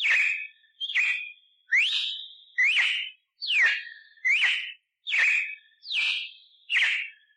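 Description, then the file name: Red-cowled cardinal delivering nine ringing whistled phrases, about one per second. "Canto de Galo de campina"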